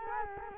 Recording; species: mosquito wingbeat signal from an infrared sensor; Culex quinquefasciatus